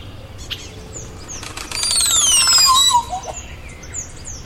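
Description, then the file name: Crested oropendola display: a loud rattling, rustling burst with liquid notes sliding steeply down from very high to low, over a background of other birds' chirps. "Psarocolius decumanus"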